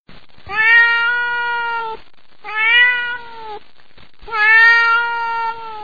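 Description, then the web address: Cat meowing: three long, drawn-out, steady-pitched meows, each lasting a little over a second, separated by short silent gaps. "katze"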